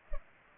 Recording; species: mosquito wingbeat signal from an infrared sensor; Culex pipiens